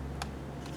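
During a MacBook Pro LVDS cable and LCD screen replacement, the small connector on the end of the rerouted display cable is pressed by hand into its socket on the laptop logic board. A single sharp, short click at 0.2 s shows the connector snapping home and seating. A low steady hum continues underneath.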